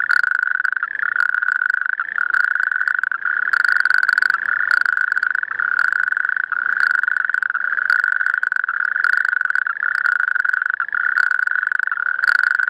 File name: rugstreeppad geluid